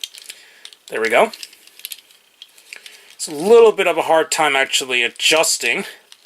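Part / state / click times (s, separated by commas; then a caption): plastic limb piece into action figure body / not seated / none. A plastic limb piece is being worked into the body of a Transformers Titan Returns Legends Class Brawn action figure during transformation, and it is hard to adjust. Small sharp plastic clicks and rattles sound through the clip while someone talks. Nothing has seated or clicked into place yet.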